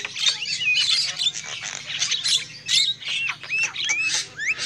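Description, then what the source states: High, shrill lovebird chatter with short buzzy squawks and several quick upward-slurred whistles in irregular bursts. Lure call used for trapping lovebirds.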